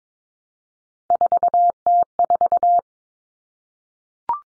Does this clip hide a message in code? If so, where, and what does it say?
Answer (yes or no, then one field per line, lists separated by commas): yes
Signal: Morse code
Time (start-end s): 1.1-2.8 s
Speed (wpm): 22 wpm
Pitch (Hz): 700 Hz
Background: none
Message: 4T4